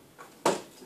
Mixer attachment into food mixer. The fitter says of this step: it clicks I need to push again